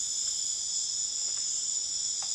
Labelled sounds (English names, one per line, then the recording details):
none
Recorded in dense forest near Puerto Asís, Putumayo, Colombia, on 29 June 2025 at 21:00
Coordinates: 0.484, -76.325
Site H65